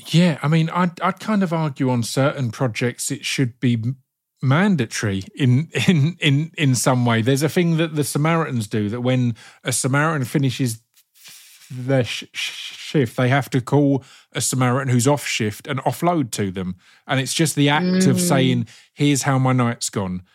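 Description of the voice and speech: A man speaks conversationally at a moderate pitch, with a word repeated four times in quick succession ("in, in, in, in") and a drawn-out "the" followed by a pause. These repetitions and prolongations are the disfluencies of a stammer in otherwise fluent speech.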